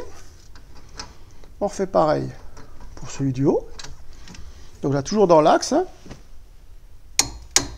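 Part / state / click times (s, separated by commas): torque wrench on upper brake caliper bracket bolt / torque reached / 7.2 s, 7.6 s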